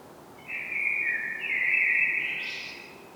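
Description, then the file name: Common blackbird delivering a continuous fluted warble that lifts at the end into a thin, squeaky flourish. "Turdus merula"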